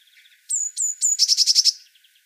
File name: Cyanistes caeruleus